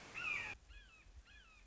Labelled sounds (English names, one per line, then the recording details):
Red-shouldered Hawk
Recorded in Sonoma County, California